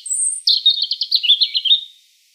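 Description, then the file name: European robin singing a thin, high whistled note followed by a run of rapid, liquid trills and twittering notes that fade gently away. "Erithacus rubecula"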